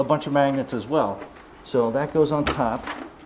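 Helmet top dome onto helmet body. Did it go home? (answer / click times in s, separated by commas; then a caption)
no / none. Someone talks while handling the magnetic top dome of a collectible Darth Vader Black Series electronic helmet, moving it toward the helmet body to set it on top. Nothing has seated or clicked into place yet.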